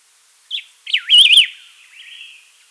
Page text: Variegated Laughingthrush Song. Quick Sounds